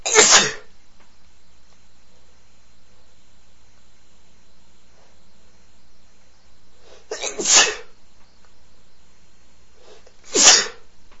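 Three loud, sharp sneezes from a male, spaced several seconds apart, the last two each preceded by a brief intake of breath.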